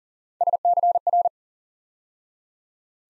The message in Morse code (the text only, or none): SCR